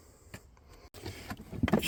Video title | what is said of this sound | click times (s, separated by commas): If your 2004-2005 Prius Brake Light goes out, you have to replace the whole assembly. | hear all those clicks | 0.3 s, 1.6 s, 1.7 s